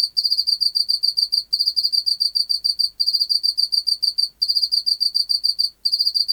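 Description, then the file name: Pacific field cricket singing, trills of quick bright pulses separated by brief gaps, high and tonal. "Teleogryllus oceanicus"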